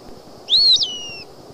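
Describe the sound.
Eastern wood-pewee making one slurred whistle that rises, breaks sharply, then trails downward, a short clear note above faint background noise.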